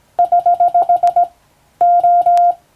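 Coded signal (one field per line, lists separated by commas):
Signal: Morse code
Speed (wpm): 20 wpm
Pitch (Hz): 700 Hz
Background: none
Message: <HH> O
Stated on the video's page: Morse sending practice on a hand key by a first-class radiotelegraph operator, using a standard telegram-sending practice book.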